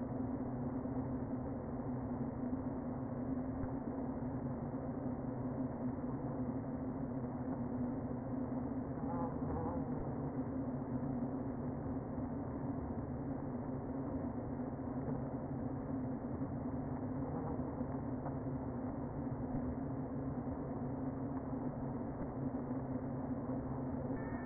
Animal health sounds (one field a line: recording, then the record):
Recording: honeybee colony, microphone inside the hive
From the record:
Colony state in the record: queen present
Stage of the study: before two queens were removed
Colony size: about 60,000 bees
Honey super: yes